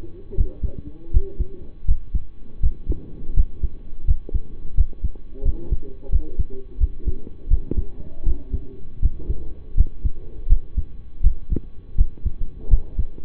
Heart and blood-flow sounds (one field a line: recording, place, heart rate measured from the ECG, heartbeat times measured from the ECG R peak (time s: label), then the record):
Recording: heart sounds by stethoscope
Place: between the tricuspid and mitral areas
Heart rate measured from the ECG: 83 bpm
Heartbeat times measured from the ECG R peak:
0.35 s: heartbeat
1.11 s: heartbeat
1.85 s: heartbeat
2.60 s: heartbeat
3.34 s: heartbeat
4.05 s: heartbeat
4.74 s: heartbeat
5.42 s: heartbeat
6.09 s: heartbeat
6.78 s: heartbeat
7.48 s: heartbeat
8.23 s: heartbeat
8.99 s: heartbeat
9.74 s: heartbeat
10.47 s: heartbeat
11.21 s: heartbeat
11.95 s: heartbeat
12.68 s: heartbeat
From the record:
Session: rest, lying down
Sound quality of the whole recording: partially saturated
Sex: male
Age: 25 years